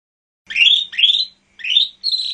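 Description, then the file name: Lesser green leafbird song: four slurred whistles, the first three sweeping upward, with short gaps between them. "cucak hijau mini. omkicau"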